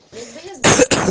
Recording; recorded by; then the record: voluntary cough; messaging app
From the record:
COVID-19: positive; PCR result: self-reported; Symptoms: no